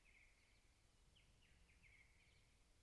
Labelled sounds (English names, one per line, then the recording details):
Song Thrush
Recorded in Germany
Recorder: ecoPi